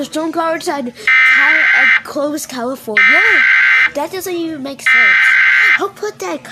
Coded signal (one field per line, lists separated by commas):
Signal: Emergency Alert System (SAME) tones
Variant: header bursts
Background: speech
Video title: ￼kayden ￼ react to EAS Scenario￼ scp 9143 Also known￼￼ clayranger143